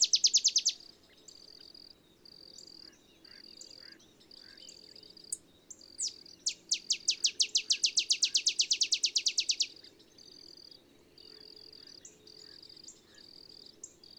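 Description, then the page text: Olive sparrow: a fast, accelerating trill of crisp chips midway, with rhythmic high buzzing insects before and after it. Singing in the early morning in Texas, 50 miles north of the Mexican border; simple songs likened to a field sparrow's bouncing-ball song. "Olive sparrow. Recording early morning just 50 miles north of the Mexican border in Texas"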